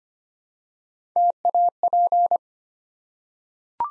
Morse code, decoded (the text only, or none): TAP